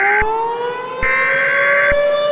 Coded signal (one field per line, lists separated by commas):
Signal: Emergency Alert System (SAME) tones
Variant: header bursts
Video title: EAS Scenario #2 - A DESTRUCTIVE TORNADO!